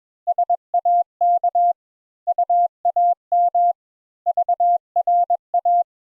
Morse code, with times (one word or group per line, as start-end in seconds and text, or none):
0.3-1.7 SAK
2.3-3.7 UAM
4.3-5.8 VRA